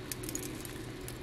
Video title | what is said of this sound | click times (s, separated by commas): How to change the band on a watch - bracelet removal - TUTORIAL DIY | we go now we got it in and all we gotta do is push and it locks in place | 0.1 s